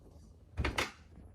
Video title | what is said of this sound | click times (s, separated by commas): 2025 Meridian 30 | and clicks into place and it look good. | 0.6 s, 0.8 s